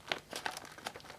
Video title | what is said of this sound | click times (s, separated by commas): Sebo Airbelt C3 Power Vacuum Cleaner Unboxing & First Look | well it's not clicked but anyway you see what happened that little little lever moved | none